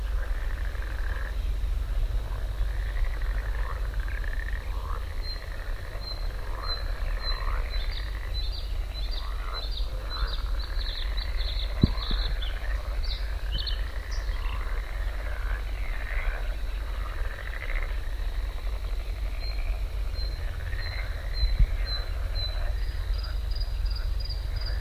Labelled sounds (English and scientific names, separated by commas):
Bluethroat (Luscinia svecica) song